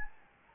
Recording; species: mosquito wingbeat signal from an infrared sensor; Anopheles gambiae